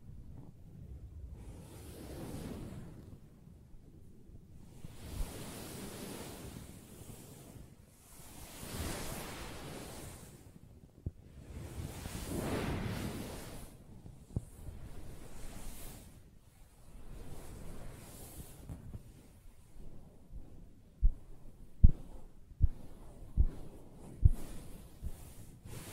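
Soft fabric is scratched in slow, rushing swells of hushed noise, then tapped in a cluster of sharp, quick knocks near the end.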